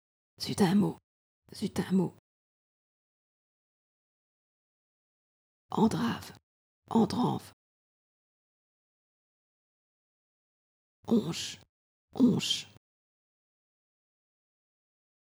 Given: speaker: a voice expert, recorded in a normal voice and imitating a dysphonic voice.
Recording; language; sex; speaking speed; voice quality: pseudo-word pairs; French; female; fast speed; dysphonic voice